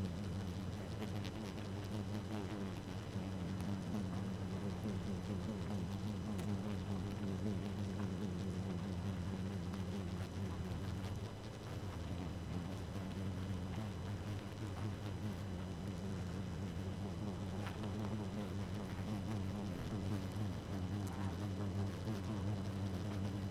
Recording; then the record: honeybee colony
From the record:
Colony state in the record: active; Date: 12 June 2018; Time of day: 2:20